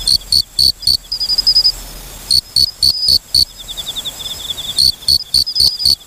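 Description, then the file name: Cricket chirping in groups of four or five high, clipped pulses every couple of seconds, while a quieter, fast ticking insect trill fills the gaps. "moriokamekourogi"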